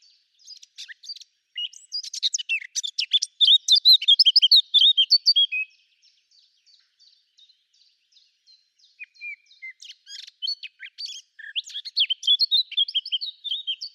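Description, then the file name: Eurasian blackcap song: quick scratchy twittering that swells into a loud, varied warble, pauses near the middle, then resumes as lively chattering phrases. "Sylvia atricapilla"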